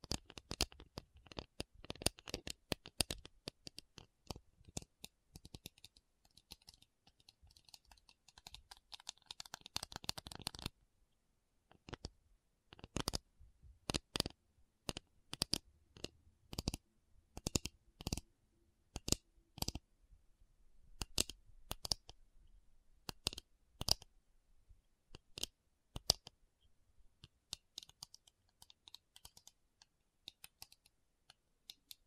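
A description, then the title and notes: A tapping session with no talking: sharp, bright taps and clicks come in quick, dense runs for the first ten seconds, then a brief pause. After that the taps return more sparsely in irregular bursts and single strikes, with short silences between them. Tapping Session (No Talking).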